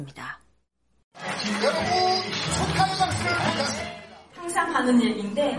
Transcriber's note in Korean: 녹취: 대상 수상 현장음